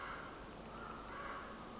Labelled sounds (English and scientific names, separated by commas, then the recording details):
Western Flycatcher (Empidonax difficilis)
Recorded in Sonoma County, California